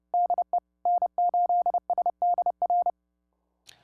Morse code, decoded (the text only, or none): DE N8SDR